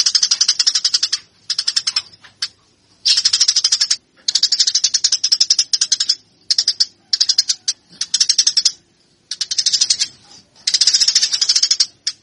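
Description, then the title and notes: Eurasian tree sparrow chirping in repeated fast bursts, harsh and high, broken by short pauses throughout. Tree sparrow song used for fighting-style (tarung) training of birds. "MASTER GEREJA TARUNG. burung gereja"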